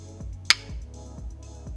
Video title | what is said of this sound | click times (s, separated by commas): Kyocera's Floating Board-to-Board Connector 5655 Series for 5G base stations | As you can see, there's a click feeling when mating, and both connectors mate perfectly. | 0.5 s